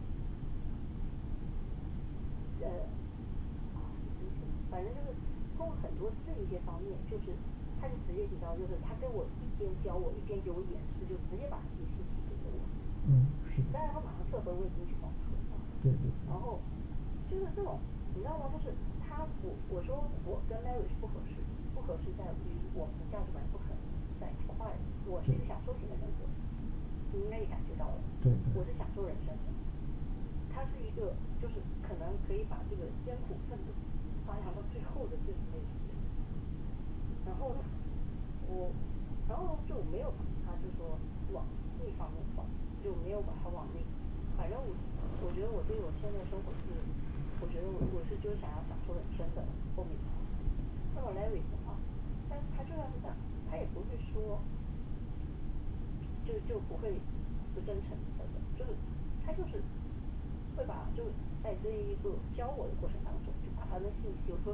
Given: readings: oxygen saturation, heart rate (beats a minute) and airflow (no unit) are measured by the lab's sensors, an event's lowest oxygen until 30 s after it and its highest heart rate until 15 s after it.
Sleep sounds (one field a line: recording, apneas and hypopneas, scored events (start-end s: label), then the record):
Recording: a person awake in a sleep study, by a smartphone at the bedside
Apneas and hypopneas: none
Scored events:
0.00-64.54 s: awake
From the record:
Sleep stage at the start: awake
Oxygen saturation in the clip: 94 to 96%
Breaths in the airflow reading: 23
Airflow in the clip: -8.1 to 8.9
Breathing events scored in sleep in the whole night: 216 in 7.0 hours asleep